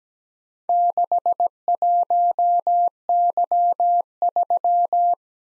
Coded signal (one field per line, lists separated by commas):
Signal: Morse code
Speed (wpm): 17 wpm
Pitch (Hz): 700 Hz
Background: none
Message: 61Y3